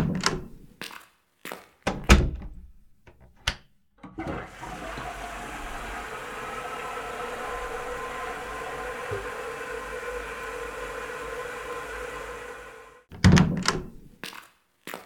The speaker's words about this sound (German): Die Geräuschprinzessin macht Wassergeräusche. Dann hört man deine eigenen Geräusche nicht mehr.